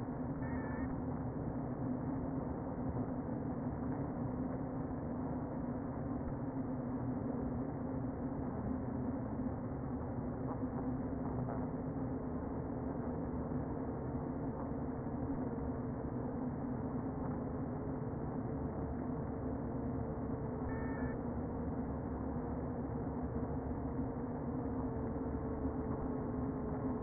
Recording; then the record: honeybee colony, microphone inside the hive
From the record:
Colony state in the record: queen present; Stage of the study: before two queens were removed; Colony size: about 60,000 bees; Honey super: yes